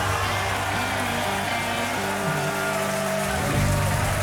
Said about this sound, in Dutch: Ik zou het nog even kunnen laten doorgaan, want het applaus duurde en duurde en duurde.